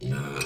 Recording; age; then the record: pig call; weaner (32 to 43 days)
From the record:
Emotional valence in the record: negative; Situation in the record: long isolation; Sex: female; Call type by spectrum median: low-frequency call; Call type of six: mixed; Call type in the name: high-frequency modulated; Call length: 0.47 s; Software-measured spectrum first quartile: 189 Hz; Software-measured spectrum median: 802 Hz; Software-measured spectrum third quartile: 3055 Hz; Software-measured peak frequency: 140 Hz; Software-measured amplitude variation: 125 dB a second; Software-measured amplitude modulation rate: 14.0 a second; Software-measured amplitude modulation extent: 8.9 dB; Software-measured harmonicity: 1.8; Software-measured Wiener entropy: -2.77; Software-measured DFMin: 974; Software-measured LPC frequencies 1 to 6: 1388, 2482, 3370, 4190, 4837, 5779 Hz